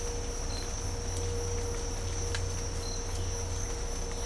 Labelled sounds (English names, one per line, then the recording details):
none
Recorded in dense forest near Puerto Asís, Putumayo, Colombia, on 22 December 2024 at 06:00
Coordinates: 0.503, -76.323
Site G043